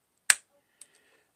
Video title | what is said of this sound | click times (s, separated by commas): Giveaway Livestream | you hear that click | 0.3 s